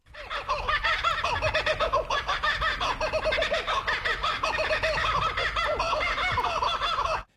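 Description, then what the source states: Kookaburra laughter: a long, loud, dense cackling chorus of rapid chuckling and hooting notes that keeps going for about seven seconds before stopping abruptly. Laughing call said to be a glorious victory sound announcing territory.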